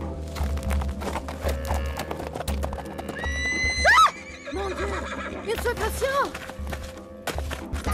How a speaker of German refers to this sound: In diesem Augenblick versetzte ich meinem Pferd einen Schlag mit der Peitsche und ritt aus dem Gebüsch heraus.